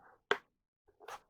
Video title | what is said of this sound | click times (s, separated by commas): Hobbyking Radjet 800 Unboxing | you're snaps into place with magnets of course | 0.3 s